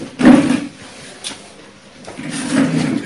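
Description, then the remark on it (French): Chairs scrape across a hard floor in two rough, grinding drags, a short one and then a longer one after a quiet pause, with a low rasping groan and no voices. “Tout à l'heure, ne tirez pas les chaises, portez les chaises. Quand vous tirez, ça fait des bruits.”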